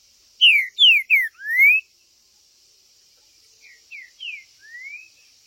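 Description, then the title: Green-winged saltator song: a loud phrase of three falling whistles and a rising slur, followed by a softer matching phrase, over a thin high hiss. Chirping, singing and macheando, male territorial calling in a singing contest (disputa). "TRINCA Piando, Cantando E Macheando Na DISPUTA. TRINCA FERRO"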